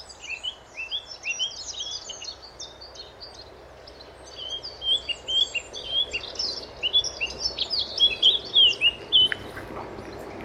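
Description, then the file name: Eurasian blackcap giving quick, high chirping and twittering notes, quieter in the middle, then growing into dense, repeated bursts over the second half. "Sylvia atricapilla"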